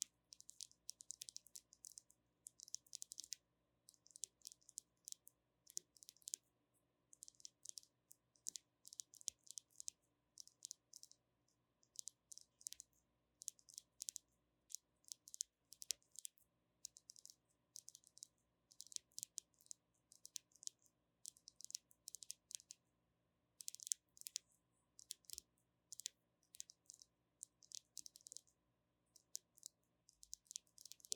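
Gentle tapping in quick, irregular bursts, each tap a short, crisp, bright click. The clusters come every second or two with brief pauses between, keeping a loose, uneven rhythm throughout. Underneath runs a faint, steady low hum with a few soft tones.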